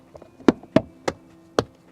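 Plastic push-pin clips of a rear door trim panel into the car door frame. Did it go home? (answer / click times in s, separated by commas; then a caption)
yes / 0.5 s, 0.8 s, 1.1 s, 1.6 s. The plastic push-pin clips of a Mazda CX-60 rear door trim panel are pressed by hand into the car door frame during reinstallation, with the panel pressed all around. Sharp knocks sound at 0.5, 0.8, 1.1 and 1.6 seconds, with a few faint taps between them. The clips click home and the panel is seated.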